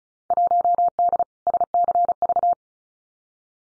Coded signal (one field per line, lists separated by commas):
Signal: Morse code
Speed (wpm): 34 wpm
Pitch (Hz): 700 Hz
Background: none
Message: 1D SCV